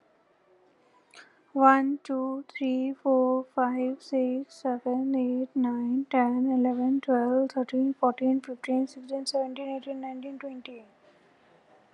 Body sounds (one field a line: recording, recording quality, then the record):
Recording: counting at a normal pace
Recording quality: excellent, no background noise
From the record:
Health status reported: healthy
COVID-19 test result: not tested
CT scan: not taken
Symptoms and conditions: none ticked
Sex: female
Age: 35 years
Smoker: no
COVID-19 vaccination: one dose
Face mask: not worn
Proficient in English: yes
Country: India